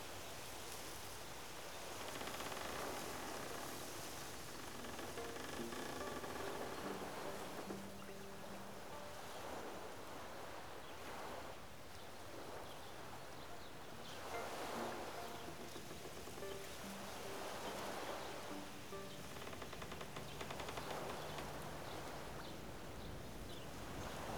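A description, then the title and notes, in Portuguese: Small waves lap steadily at a Canadian lakeshore, swelling in soft washes every few seconds, with faint bird chirps scattered through the background. Na beira de um lago canadense.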